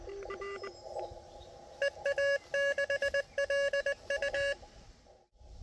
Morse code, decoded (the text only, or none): EA6LU